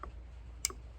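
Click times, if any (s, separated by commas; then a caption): 0.6 s. While a Duke 1 3/4 steel foothold trap is being set, the metal dog is pushed into the small notch filed in the pan so that it catches. A faint tick comes near the start, then a sharp, bright click at 0.7 s as the dog seats in the pan notch.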